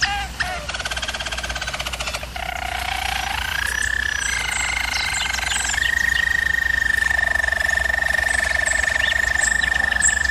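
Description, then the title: German Roller canary song: quick opening rattle, then smooth rolling trills that settle into a long steady high roll. German Roller canary singing, used for canary training. "German Roller Canary Singing - Canary Training Vid"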